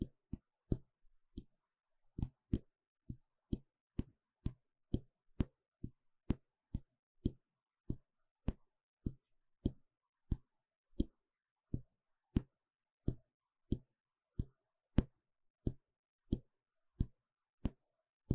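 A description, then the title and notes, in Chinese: Dry tapping on the ear, struck in a steady rhythm of roughly two taps per second for the whole stretch. Each tap is a sharp, crisp click with a low thud underneath, separated by near silence. 刺痛的鼓膜摳摳與敲打。Intense & Deep Sound NT5 Mic Scratching & Tapping | NoTalking。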